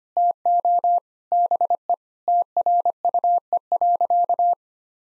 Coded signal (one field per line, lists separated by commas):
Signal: Morse code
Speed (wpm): 25 wpm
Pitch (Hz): 700 Hz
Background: none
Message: TO BE TRUE.